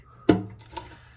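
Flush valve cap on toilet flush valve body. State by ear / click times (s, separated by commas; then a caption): seated / 0.3 s, 0.8 s. The black plastic cap of a flush valve on an American Standard Champion 4 toilet is turned down onto its threads past a small locking tab. Two clicks are heard at 0.3 and 0.8 seconds, with a fainter tick at 0.6 seconds in between. The cap is locked into place.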